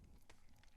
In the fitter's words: You'll hear that little click, and then it'll engage the pin in here,